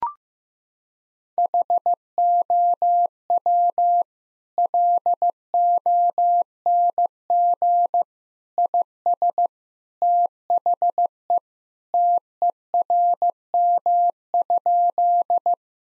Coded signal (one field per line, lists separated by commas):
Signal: Morse code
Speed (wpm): 15 wpm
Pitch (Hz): 700 Hz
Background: none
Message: HOW LONG IS THE TERM?